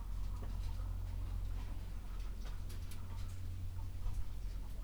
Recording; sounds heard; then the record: poultry house recording; sick chickens (respiratory disease)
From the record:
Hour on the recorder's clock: 11